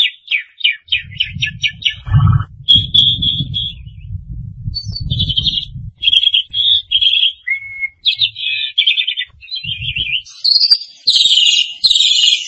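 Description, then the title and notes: Starling song opening with a fast rattling series, then varied whistles and trills, ending in harsh scratchy notes, with low rumble in the first half. "suara burung jalak"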